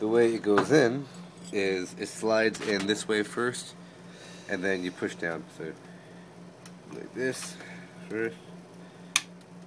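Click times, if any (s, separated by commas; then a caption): 9.2 s. A CMOS coin cell battery is slid edge-first into its motherboard battery holder and then pushed down, as part of fixing an NVRAM issue, while someone talks. A loud, sharp click at 9.2 s marks the battery snapping in and seating in the holder.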